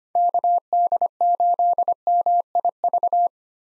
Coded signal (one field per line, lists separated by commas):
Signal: Morse code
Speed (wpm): 25 wpm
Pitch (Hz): 700 Hz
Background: none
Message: KD8MIV